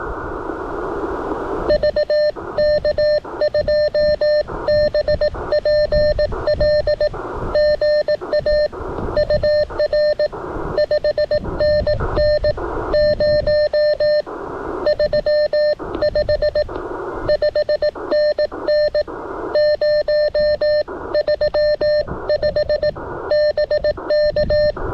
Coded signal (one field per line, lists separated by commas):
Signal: Morse code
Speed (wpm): 19 wpm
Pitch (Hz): 590 Hz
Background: none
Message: VK2BPL GA UR 5NN 035 5NN 035 BK